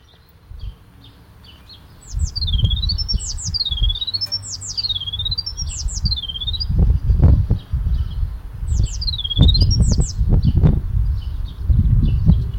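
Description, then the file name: Eurasian blue tit calls: high, thin notes sweeping sharply down then wavering up, given in a quick run of four, then another, over a heavy low rumble. "Cyanistes caeruleus"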